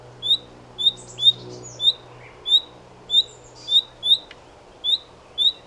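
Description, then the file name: Common nightingale giving clear, rising whistles, about ten in a row at irregular short intervals, plus occasional faint scratchy sounds. "Luscinia megarhynchos"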